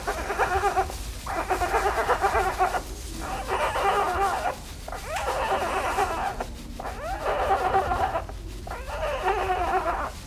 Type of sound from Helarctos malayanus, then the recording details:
call. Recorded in captivity. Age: juvenile. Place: Tierpark Berlin, Berlin, DE. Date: 1977-02-17 14:00. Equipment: Nagra SN, AKG CK 5, Kopie Uher 4200. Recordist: Tembrock, Günter